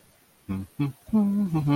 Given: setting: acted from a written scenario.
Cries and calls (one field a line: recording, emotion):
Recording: vocal sound without words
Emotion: serenity